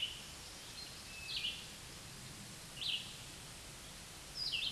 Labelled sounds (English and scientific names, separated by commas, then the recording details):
Red-eyed Vireo (Vireo olivaceus) song
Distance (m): 25 m
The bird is about 20 m above the microphone
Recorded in a Pennsylvania forest on 16 May 2024 at 06:44
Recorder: AudioMoth, point MSD-2201
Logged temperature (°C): 15.5 °C
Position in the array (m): 165 m, 73 m